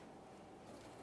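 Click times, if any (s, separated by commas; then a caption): none. On a 2008-2017 Mitsubishi Lancer 2.4L L4, the AC condenser is lined up and lowered onto both sides of the radiator without yet being pressed into the locked position, so that both sides are ready first. Only a steady low handling rumble is heard, and nothing has seated or clicked yet.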